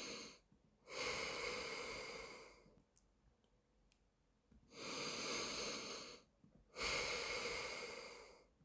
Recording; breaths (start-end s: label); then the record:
nose breathing near a microphone
0.00-0.39 s: inhalation
0.39-2.54 s: exhalation
4.39-6.34 s: inhalation
6.34-8.49 s: exhalation
From the record:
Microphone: phone